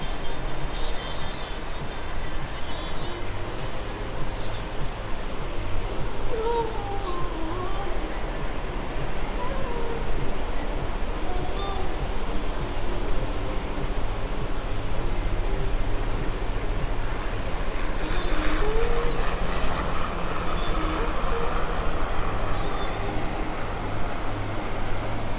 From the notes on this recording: a binaural field recording — a walk on the beach; under the pier; a few hundred yards and back again; up to the pier; watching the bumper cars, the roller coasters